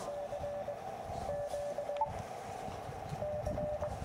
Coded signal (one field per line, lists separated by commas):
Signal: Morse code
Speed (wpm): 22 wpm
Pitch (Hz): 600 Hz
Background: none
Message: CQC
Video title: 360 Version 1 | Ham Radio QRP Outdoor Winter | Elecraft KX2 | Packtenna | 5K Video!